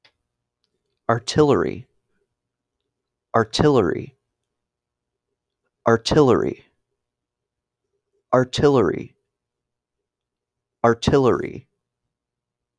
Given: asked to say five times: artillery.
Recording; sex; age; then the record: repeated word; male; 30 to 39 years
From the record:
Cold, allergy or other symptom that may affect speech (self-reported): no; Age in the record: 35 years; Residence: Ohio, United States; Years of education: 13